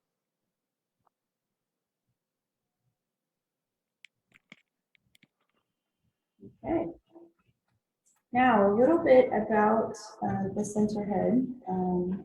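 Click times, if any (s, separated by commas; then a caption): 4.1 s, 4.5 s. A cable connector is pushed fully into the back of the sensor head of a portable photosynthesis measurement system and seats with sharp, short clicks at 4.1 and 4.5 seconds, followed by a few fainter ticks in the otherwise quiet stretch. Someone then talks.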